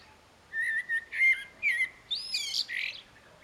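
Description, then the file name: Common blackbird song: a few mellow whistled notes near one pitch, then squeaky high twittering notes to close the phrase, over quiet background. "Turdus merula"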